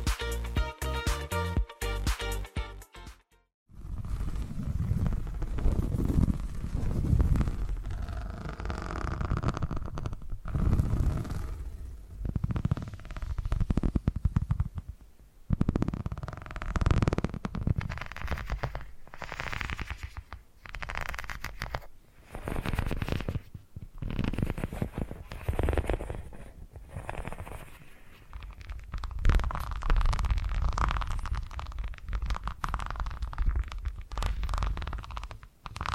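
A soft, low purring rumble runs almost continuously, swelling and fading in slow uneven waves with faint crackly flutter on top. It opens with a few seconds of short, stepped tones, then a brief silence near the four-second mark before the purring begins.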